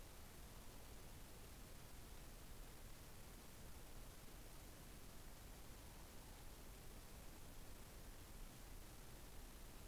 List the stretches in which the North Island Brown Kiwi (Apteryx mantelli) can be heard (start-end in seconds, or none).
none